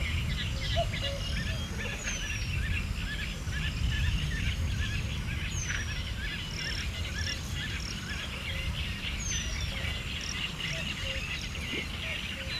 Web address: allathangok hortobagyinemzetipark 2013 fuggocinege kakukk hosszantartoanfuggocinege esmasok 2013 majus 02